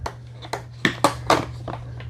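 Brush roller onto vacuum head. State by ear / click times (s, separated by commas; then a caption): not seated / none. A replacement brush roller is lined up with its notch and rotated onto the vacuum head of a Tineco Floor ONE Stretch S6 Self-Cleaning Wet Dry Vacuum. Short, sharp handling knocks land at about 0.1, 0.5, 0.9, 1.1 and 1.3 s over a steady low hum, with the loudest at 0.9 s. The roller has not seated or clicked into place yet.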